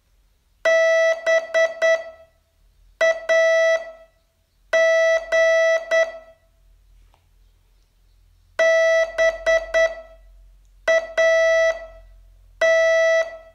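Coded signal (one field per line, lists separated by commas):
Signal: Morse code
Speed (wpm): 9 wpm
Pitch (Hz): 650 Hz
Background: none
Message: BAG BAT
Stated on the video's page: Morse training test from day 36 of a 42-day course.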